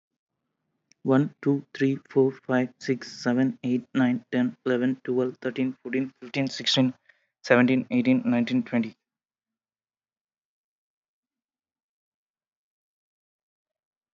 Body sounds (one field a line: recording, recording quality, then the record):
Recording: counting at a fast pace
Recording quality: excellent, no background noise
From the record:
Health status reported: exposed to COVID-19, no respiratory illness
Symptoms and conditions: hypertension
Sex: male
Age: 25 years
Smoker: not ticked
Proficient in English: yes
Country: India